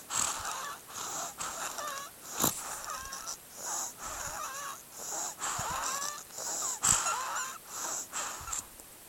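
A small child breathing rapidly at about 45 breaths a minute, each breath carrying musical, whistling tones at several pitches that slide up and down, with occasional sharp noisy bursts. This is wheezing, a sign of narrowed airways.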